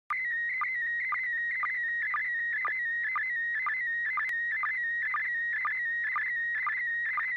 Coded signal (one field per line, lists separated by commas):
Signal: SSTV (slow-scan television)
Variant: PD 120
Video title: N6NA SSTV Net - 06/18/2025